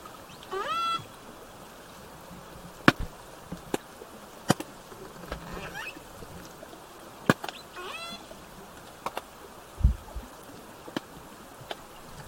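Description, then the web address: Killer whale calls: two harmonic calls, one near the start and one later, between frequent sharp clicks over a constant watery hiss. Southern Resident killer whales, calf present, bouts recorded 17 September 2024, roughly 16:32 to 17:50. "SRKW bouts 240917-1700-OS-L 90 calf 240917-1632-1750-OS-L 90 calf"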